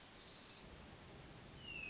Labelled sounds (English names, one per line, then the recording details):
Hermit Thrush
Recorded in Sonoma County, California